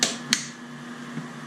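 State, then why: Seated. The motor head of a Fluval 406 canister filter, with its rubber O-ring sitting in the groove, is set level on the canister body, and both plastic side clamps are closed at the same time. Two sharp snaps are heard at 0.0 s and 0.3 s over a steady low hum. The lid is seated and clamped onto the canister.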